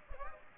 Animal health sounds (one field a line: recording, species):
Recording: mosquito wingbeat signal from an infrared sensor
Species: Aedes aegypti